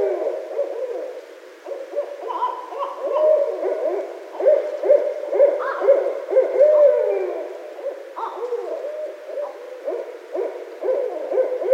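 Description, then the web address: Barred owl calls in a long excited run of rapid, overlapping hoots and gobbling cackles, rising and falling, with a sliding wail near the middle. Recorded 9 February 2012. "Barred Owl 2012 02 09"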